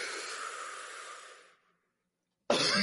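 A single loud, harsh, noisy cough from an adult, let out while taking a deep breath in. It lasts about a second and a half and fades into silence, with a new sound starting right at the end. It is an ordinary isolated cough with no wheeze or repeated bursts.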